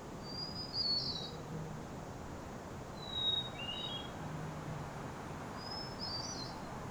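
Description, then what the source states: Hermit thrush delivering flute-like phrases, a long steady note followed by a shimmering flourish, repeated every few seconds against steady noise and a low droning hum. Recorded at the lighthouse in Ucluelet.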